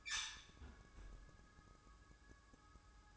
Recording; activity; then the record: daily activity, microphone in the room; close fridge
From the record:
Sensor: 2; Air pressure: 1007.6 hPa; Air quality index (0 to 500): 39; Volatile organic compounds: 1 ppm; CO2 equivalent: 540 ppm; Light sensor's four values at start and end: 10/25/10/11 and 10/25/10/11